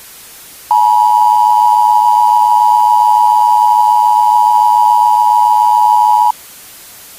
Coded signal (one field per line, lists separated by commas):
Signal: Emergency Alert System (SAME) tones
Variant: 853 and 960 Hz attention tone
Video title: Outfall Incident Video Archive VID 3 | EAS